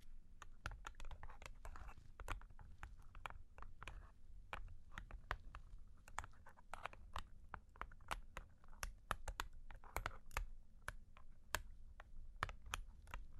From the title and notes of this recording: Long Claws Tapping and Scratching (No Talking).